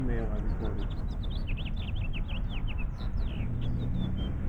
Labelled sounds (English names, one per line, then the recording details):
House Finch song
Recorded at North Valley Stream on Long Island, New York, on 17 June 1975
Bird E